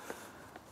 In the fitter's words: basically all you do is push it home you'll hear it click like that